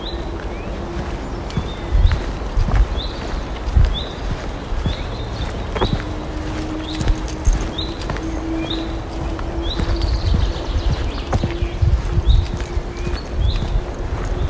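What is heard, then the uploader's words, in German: A walk in the woods with a dog: footsteps thud unevenly underfoot throughout, with a few heavier knocks. Short bird chirps repeat every second or so over the whole stretch, and a steady low hum runs underneath from about six seconds on. Abends mit dem Hund raus. Eine Stunde Spaziergang im Wald mit Hund. Viele Vögel, ein paar andere Spaziergänger*innen, keine anderen Hunde.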